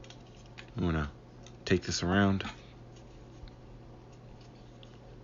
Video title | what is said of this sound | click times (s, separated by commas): Transformers Generations Selects Overbite | That'll snap into place right there. | 0.6 s